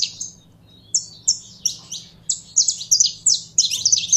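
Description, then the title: Canary song of rapid, high, sweeping notes that grow denser and louder toward the end, with a soft low hum. Song of a purebred Belgian canary. "Canto Do Canário Belga Puro"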